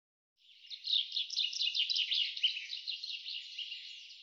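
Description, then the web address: Bird song, a continuous rapid twittering of high chirps and short trills lasting about four seconds, gradually fading toward the end. "Deverinetal 2025 File cleaned normalized Bird Fr Co"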